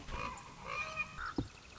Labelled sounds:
Common Raven (Corvus corax)
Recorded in Sonoma County, California

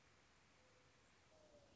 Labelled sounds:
Mourning Dove (Zenaida macroura)
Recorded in Sonoma County, California

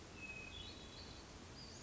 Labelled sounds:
Western Flycatcher (Empidonax difficilis)
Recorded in Sonoma County, California

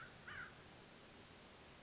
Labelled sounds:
American Crow (Corvus brachyrhynchos)
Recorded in Sonoma County, California

